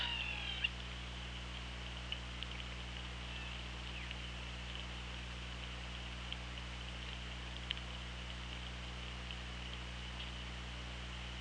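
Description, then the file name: Killer whale call: one short, bending call with stacked harmonics at the very start, followed by faint scattered clicks over a steady low underwater hum. Underwater, OrcaLab hydrophone, 24 August 2017, 18:25. "Orca Lab UTLN JASON 20170824 182558"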